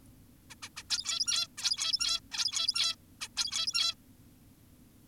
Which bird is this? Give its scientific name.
Taeniopygia guttata